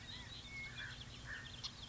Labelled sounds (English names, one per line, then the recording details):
California Quail
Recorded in Sonoma County, California